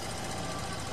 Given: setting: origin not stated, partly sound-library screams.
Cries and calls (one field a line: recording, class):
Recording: one-second piece from a danger detection set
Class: normal situation